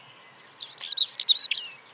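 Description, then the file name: Stonechat song: one brief, scratchy, high warbled phrase of squeaky notes lasting about a second. "svarthakad buskskvatta"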